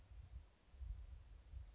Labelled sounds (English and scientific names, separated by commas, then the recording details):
Blue-gray Gnatcatcher (Polioptila caerulea)
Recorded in Sonoma County, California